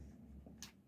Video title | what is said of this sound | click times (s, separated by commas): Jumper Xiake 800mm Vtol Wing | you want to wait to hear it | 0.6 s